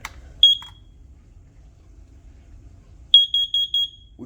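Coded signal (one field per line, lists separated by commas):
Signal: alarm pattern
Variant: temporal-4 carbon monoxide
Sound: one short high beep, a pause, then four quick high-pitched beeps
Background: quiet room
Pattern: 4 short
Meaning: Four quick beeps signal carbon monoxide detected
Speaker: and four short beeps like this. which indicates carbon monoxide.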